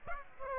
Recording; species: mosquito wingbeat signal from an infrared sensor; Aedes aegypti